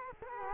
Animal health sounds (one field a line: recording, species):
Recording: mosquito wingbeat signal from an infrared sensor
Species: Culex quinquefasciatus